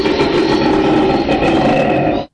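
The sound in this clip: Koala bellowing: a loud, harsh, continuous rasping roar held for about two seconds before stopping abruptly.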